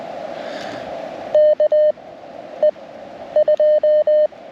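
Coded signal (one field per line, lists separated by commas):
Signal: Morse code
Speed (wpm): 20 wpm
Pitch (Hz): 610 Hz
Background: none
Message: KE2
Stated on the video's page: First CW CQ on a Parks on the Air activation.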